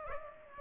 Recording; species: mosquito wingbeat signal from an infrared sensor; Aedes aegypti